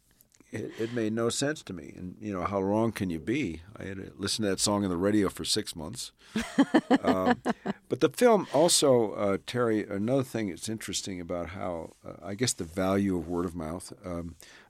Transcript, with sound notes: It made no sense to me. You know, how wrong can you be? I had to listen to that song on the radio for six months.
(Laughter).
But the film - also, Terry, another thing that's interesting about how - I guess the value of word of mouth.